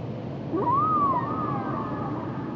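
Whale song unit: a single tone sweeps upward, bends over and holds as a long steady whistled moan against a low rumbling background.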